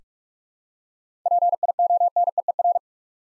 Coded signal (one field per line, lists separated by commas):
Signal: Morse code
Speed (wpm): 44 wpm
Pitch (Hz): 700 Hz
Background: none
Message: PIONEER